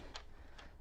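A plastic heater switch is pushed from the front into a new radio bezel panel on an F150 until it clicks, with a sharp click at 0.2 s and a softer tick at 0.6 s. The switch is seated in the panel.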